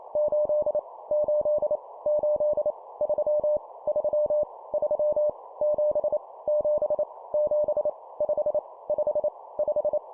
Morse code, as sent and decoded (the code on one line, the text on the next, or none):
---.. / ---.. / ---.. / ...-- / ...-- / ...-- / --... / --... / --... / ..... / ..... / .....
8 8 8 3 3 3 7 7 7 5 5 5